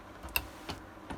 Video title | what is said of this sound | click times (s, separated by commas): Building A Tight Budget Light Gaming & Work PC With Great Upgrade Options - £250 Ryzen / Build Guide | make sure that just clicks into place then they're out the way in the bottom | 0.4 s